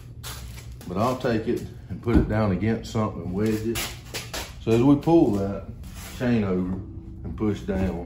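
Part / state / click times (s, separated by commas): pole saw drive shaft into gearhead drive / not seated / none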